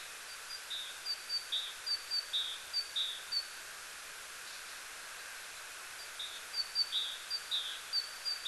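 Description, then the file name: Great tit giving two bursts of repeated high-low note pairs separated by a pause of about three seconds, over continuous hiss. "Parus major"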